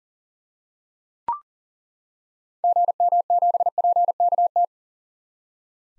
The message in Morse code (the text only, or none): GM7PKT